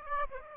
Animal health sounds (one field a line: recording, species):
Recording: mosquito wingbeat signal from an infrared sensor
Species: Aedes aegypti